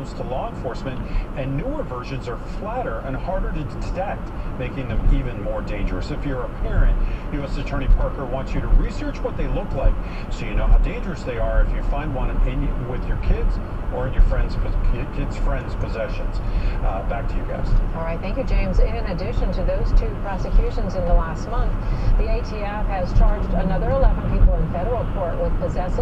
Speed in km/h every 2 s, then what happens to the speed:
63, 64, 64, 68, 68, 69, 69, 69, 68, 68, 68, 69, 71.
0-9 speeds up to 69. 9-26 steady at about 69.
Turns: none.